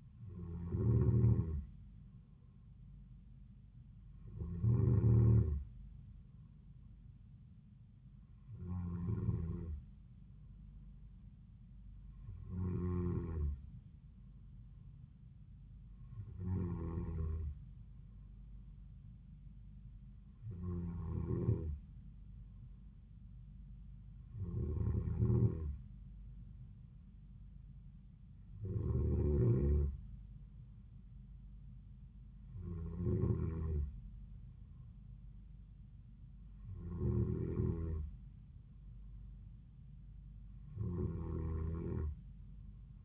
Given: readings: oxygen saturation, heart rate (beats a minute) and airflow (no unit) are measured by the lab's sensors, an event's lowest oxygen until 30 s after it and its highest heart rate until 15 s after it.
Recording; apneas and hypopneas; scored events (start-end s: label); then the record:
breathing in sleep by a smartphone at the bedside; none
none scored
From the record:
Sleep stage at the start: N2 (light sleep); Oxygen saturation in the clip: 93%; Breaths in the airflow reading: 11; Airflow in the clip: -4.0 to 3.3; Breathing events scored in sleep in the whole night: 270 in 6.1 hours asleep